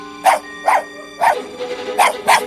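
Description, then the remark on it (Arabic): A dog barks five times in short, sharp bursts, two quick barks, a pause, then one more and a final close pair, over a low steady hum. “خذوه الآن وضعوا ذلك الكلب في القفص أيضا.”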